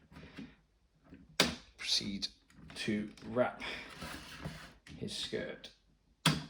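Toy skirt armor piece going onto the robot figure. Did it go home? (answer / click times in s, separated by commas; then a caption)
yes / 6.3 s. Someone talks while wrapping a plastic skirt armor piece around a Playmates Power Rangers Season 2 Re-ignition Thunder Megazord and Tigerzord robot figure. The piece snaps into place with a sharp, satisfying click at 6.3 s, and the skirt is seated.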